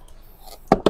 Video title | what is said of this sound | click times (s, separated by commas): Hyundai Custin - Foglight Projector / daytime running light installation | yun. Nag-lock na. | 0.7 s, 0.9 s